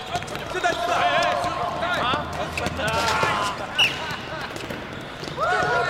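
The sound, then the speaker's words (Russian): Basketballs bounce in a gym as young men play basketball, with irregular, overlapping thuds, mixed with high sneaker squeaks and indistinct shouting voices in the background. “Парни играют в баскетбол.”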